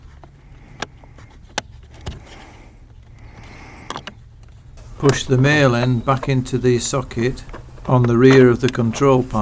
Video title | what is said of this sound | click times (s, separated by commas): SKODA FABIA Flex Shaft Cable for Heater/ventilation Distribution | all until you can hear it click with the hardest bit being the initial alignment push | 1.6 s